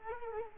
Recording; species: mosquito wingbeat signal from an infrared sensor; Culex quinquefasciatus